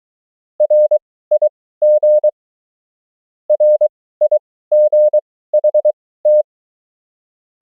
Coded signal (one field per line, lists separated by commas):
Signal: Morse code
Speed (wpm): 23 wpm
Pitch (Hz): 600 Hz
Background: none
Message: RIG RIGHT